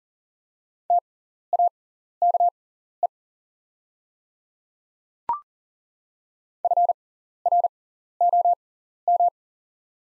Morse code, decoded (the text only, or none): TAKE FROM